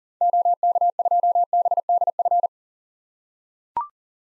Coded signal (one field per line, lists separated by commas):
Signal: Morse code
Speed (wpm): 40 wpm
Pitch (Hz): 700 Hz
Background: none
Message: OK2BDF